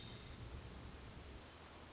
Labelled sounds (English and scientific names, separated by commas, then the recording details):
Hermit Thrush (Catharus guttatus)
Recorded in Sonoma County, California